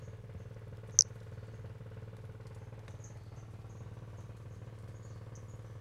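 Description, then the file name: Brachycephalus albolineatus giving a scattering of short, high, chirp-like notes at irregular intervals, over a continuous low droning hum, with a single loud click early on. Recorded 5 February 2016. "Brachycephalus albolineatus 160205"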